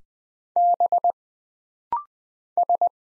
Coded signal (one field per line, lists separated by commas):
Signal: Morse code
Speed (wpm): 20 wpm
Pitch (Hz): 700 Hz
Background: none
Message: B S